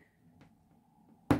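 A plastic backing washer is pushed onto the shank of a plastic safety eye through a crocheted amigurumi goose, ratcheting down with a faint click at 0.4 s and a much louder, sharp click at 1.3 s. The washer is seated home on the eye.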